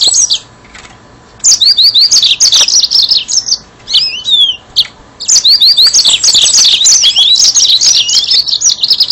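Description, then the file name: Yellow-fronted canary singing quick repeated slurred whistles and twitters, a pause, then a long, lively burst of high varied notes. "mozambik"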